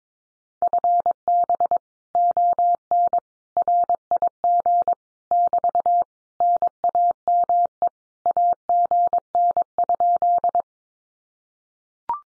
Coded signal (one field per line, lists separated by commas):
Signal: Morse code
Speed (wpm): 22 wpm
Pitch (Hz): 700 Hz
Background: none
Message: FB ON RIG <BT> NAME AGN?